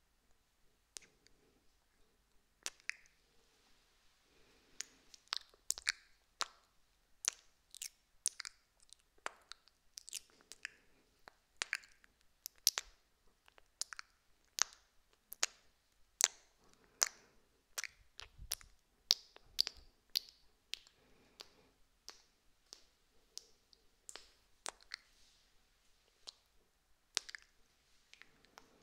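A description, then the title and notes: Wet kiss sounds: crisp lip smacks and pops, otherwise quiet. A few sparse smacks open the first seconds, then they come quickly and irregularly, often in clusters, with soft squishy mouth noises between them. ASMR Kiss Sounds.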